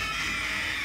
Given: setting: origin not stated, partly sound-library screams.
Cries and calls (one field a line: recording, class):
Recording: one-second piece from a danger detection set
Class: woman in danger